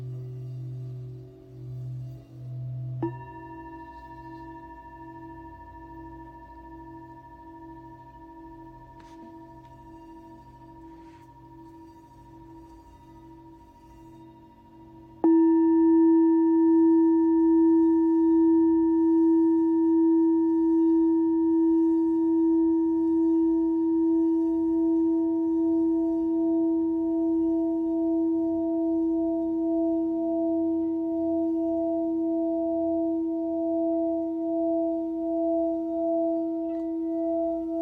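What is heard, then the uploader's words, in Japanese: A singing bowl is struck near three seconds and again, much louder, around fifteen seconds, each ring sustaining with a slow pulsing waver. シンギングボウルライブ。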